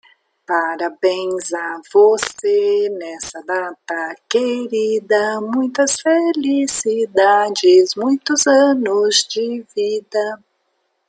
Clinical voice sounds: short text; Brazilian Portuguese; female; 60 to 69 years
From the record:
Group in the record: control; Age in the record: 60 years

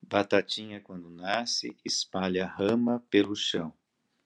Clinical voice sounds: short text; Brazilian Portuguese; male; 50 to 59 years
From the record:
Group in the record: control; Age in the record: 55 years

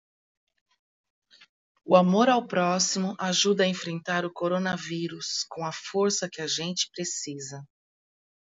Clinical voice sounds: spoken sentence; Brazilian Portuguese; female; 40 to 49 years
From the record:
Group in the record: control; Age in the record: 49 years

